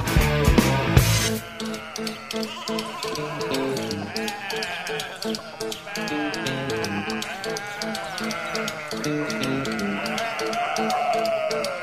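Wavering, nasal sheep bleats repeat over a busy music track with steady percussive hits, the bleating blending into the dense beat throughout.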